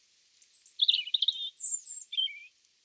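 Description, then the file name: European robin song: a short, thin, high warbling phrase of liquid twitters and sliding whistles, rising and falling quickly. "Erithacus rubecula"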